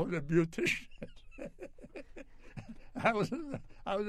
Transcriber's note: laughs